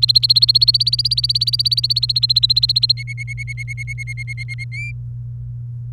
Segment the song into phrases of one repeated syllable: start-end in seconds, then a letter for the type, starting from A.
0.00-2.92 A, 2.97-4.64 B, 4.72-4.91 C